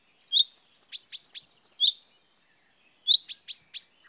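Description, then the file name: Common chaffinch calls, crisp metallic chips in small clusters, a single note, then three, a single, then a run of four toward the end; quiet background. "Fringilla coelebs"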